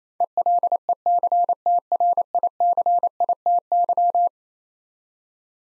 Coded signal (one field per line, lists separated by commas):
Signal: Morse code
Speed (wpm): 27 wpm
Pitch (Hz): 700 Hz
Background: none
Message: ELECTRICITY